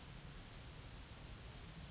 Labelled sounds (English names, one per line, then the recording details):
Yellowhammer song
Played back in grassland
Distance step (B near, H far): D
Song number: 041